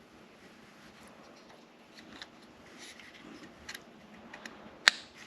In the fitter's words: it clicks feed the wire and everything back in there